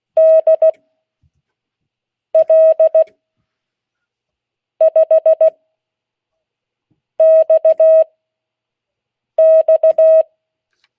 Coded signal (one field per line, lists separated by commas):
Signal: Morse code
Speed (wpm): 16 wpm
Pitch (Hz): 640 Hz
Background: none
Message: DL5XX